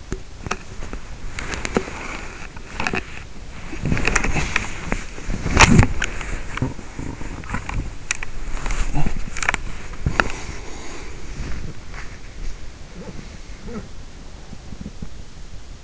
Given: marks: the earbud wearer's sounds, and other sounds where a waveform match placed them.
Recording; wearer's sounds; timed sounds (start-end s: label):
sounds in sleep by an in-ear microphone; body movement
0.00-15.84 s: body movement